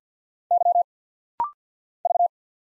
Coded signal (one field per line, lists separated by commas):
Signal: Morse code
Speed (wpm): 48 wpm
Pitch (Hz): 700 Hz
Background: none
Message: Y V